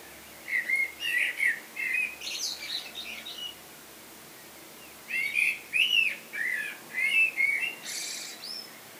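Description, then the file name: Common blackbird song in two phrases, each a run of fluty warbled notes finishing with a high, scratchy chattering tail, separated by a short pause. "Turdus merula"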